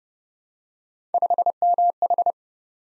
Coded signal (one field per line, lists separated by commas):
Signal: Morse code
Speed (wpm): 28 wpm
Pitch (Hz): 700 Hz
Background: none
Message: 5MH